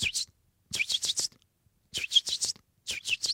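Juvenile blackbirds, not yet able to fly and spread out in a garden, give location calls: short, hoarse, high-pitched hissing notes repeated in quick clusters of two to four, separated by brief silences, with no talking.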